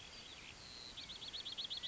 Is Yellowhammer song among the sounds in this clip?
no